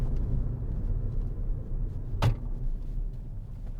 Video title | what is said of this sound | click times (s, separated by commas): 2015 Ford Fiesta 1 0 EcoBoost Titanium X 5dr - Review and Test Drive | was the seat and moved it back in it hadn't quite clicked in place properly | 2.2 s